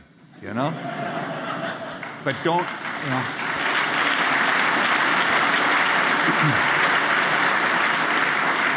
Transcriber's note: applause; laughing